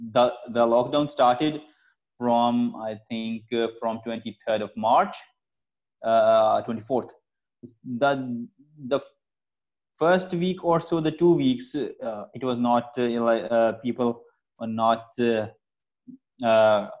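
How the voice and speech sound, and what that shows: Adult male speaker with a persistent stammer, speaking conversational English. Disfluencies are heard as repeated 'the... the', a prolonged 'l' sound, and frequent silent blocks and pauses between phrases.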